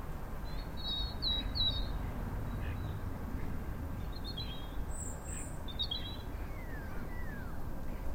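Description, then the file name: European robin with warbled high phrases, a sharp high note midway and downward-sliding whistles near the end, over continuous low rumble. "Erithacus rubecula"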